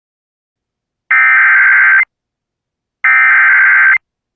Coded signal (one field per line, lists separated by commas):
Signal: Emergency Alert System (SAME) tones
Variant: header bursts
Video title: Upland South, Anyone? | EAS Alerts from May 7th, 2023 (EAS #2483-2508)